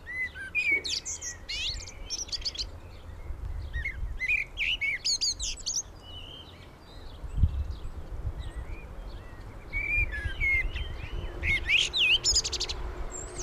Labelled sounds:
Common Blackbird (Turdus merula) song

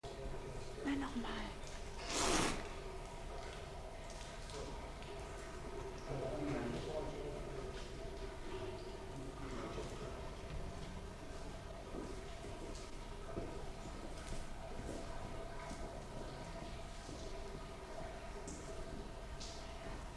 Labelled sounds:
Caracal (Caracal caracal) hissing

